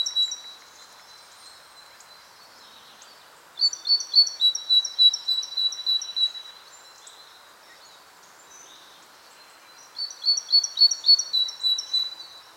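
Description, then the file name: Great tit song in two bouts of quick repeated high notes, each bout lasting a few seconds, separated by a quiet stretch with only soft background noise. "Parus major"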